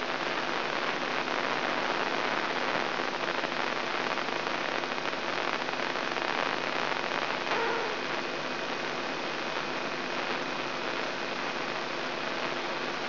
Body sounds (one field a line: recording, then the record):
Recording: brain microelectrode recording played as sound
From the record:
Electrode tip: inside the subthalamic nucleus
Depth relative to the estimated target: 0 mm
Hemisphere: right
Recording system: AlphaMap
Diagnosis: Parkinson's disease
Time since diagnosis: 16 years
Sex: male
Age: 67 years